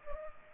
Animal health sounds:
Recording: mosquito wingbeat signal from an infrared sensor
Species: Culex pipiens

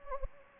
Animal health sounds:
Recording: mosquito wingbeat signal from an infrared sensor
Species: Anopheles gambiae

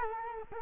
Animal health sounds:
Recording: mosquito wingbeat signal from an infrared sensor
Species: Culex quinquefasciatus

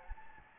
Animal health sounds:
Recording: mosquito wingbeat signal from an infrared sensor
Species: Anopheles gambiae

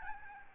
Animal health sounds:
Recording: mosquito wingbeat signal from an infrared sensor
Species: Aedes albopictus

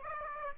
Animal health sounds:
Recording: mosquito wingbeat signal from an infrared sensor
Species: Aedes aegypti

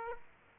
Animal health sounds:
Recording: mosquito wingbeat signal from an infrared sensor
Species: Aedes aegypti

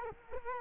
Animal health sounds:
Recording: mosquito wingbeat signal from an infrared sensor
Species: Culex quinquefasciatus

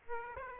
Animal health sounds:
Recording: mosquito wingbeat signal from an infrared sensor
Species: Aedes aegypti

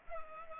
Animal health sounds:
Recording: mosquito wingbeat signal from an infrared sensor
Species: Culex pipiens

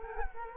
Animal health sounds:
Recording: mosquito wingbeat signal from an infrared sensor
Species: Culex quinquefasciatus

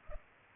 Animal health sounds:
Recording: mosquito wingbeat signal from an infrared sensor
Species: Culex pipiens

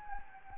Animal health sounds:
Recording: mosquito wingbeat signal from an infrared sensor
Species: Anopheles gambiae

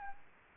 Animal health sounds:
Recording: mosquito wingbeat signal from an infrared sensor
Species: Aedes albopictus

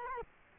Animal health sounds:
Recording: mosquito wingbeat signal from an infrared sensor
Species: Culex quinquefasciatus

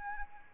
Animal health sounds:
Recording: mosquito wingbeat signal from an infrared sensor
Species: Anopheles arabiensis

